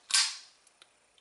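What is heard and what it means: The blade of a custom Mokume flipper knife from Down Under is flipped open and locks into place with a sharp, solid snap at 0.2 s that rings bright and fades over about half a second. A few faint small ticks follow at 0.7, 0.8 and 1.2 s, and the blade is seated and locked open.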